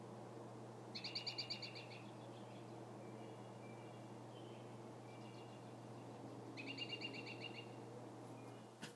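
American robin with two quick, rattling series of high, evenly pulsed notes, separated by quieter scattered chips, set against a continuous low-pitched hum.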